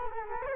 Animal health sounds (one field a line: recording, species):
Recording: mosquito wingbeat signal from an infrared sensor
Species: Culex quinquefasciatus